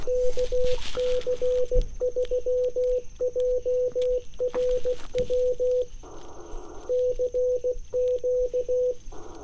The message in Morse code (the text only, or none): KC3JRW CQ